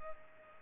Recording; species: mosquito wingbeat signal from an infrared sensor; Culex pipiens